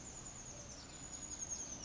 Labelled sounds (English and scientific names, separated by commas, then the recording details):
Oak Titmouse (Baeolophus inornatus)
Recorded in Sonoma County, California